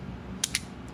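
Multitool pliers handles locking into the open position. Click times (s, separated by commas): 0.4 s, 0.5 s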